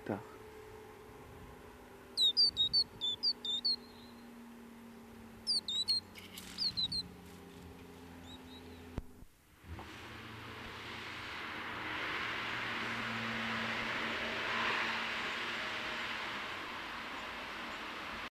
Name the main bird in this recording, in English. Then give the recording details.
Eurasian Bullfinch. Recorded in the wild. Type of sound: call. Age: juvenile. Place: Kaiserslautern, Rheinland-Pfalz, DE. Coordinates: 49.4247, 7.77889. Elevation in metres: 279. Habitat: garden. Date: 1976-09-25. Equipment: Nagra, Vollspur. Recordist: Tretzel, Erwin. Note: Garten, Kaiserslautern: Rufe